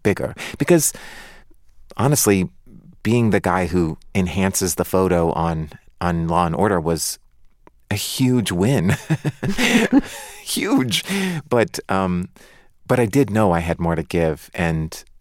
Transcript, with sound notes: Because honestly, being the guy who enhances the photo on "Law & Order" was a huge win.
(LAUGHTER)
Huge. But I did know I had more to give.